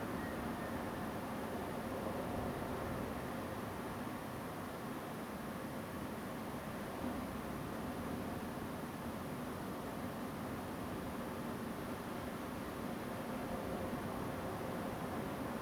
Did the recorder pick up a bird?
yes